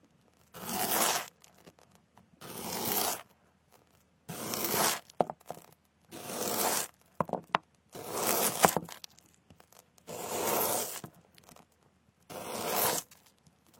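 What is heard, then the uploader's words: Picking ears brings seven rough, tearing rips about every two seconds, each under a second long, with small clicks and rustles between them. Picking ears.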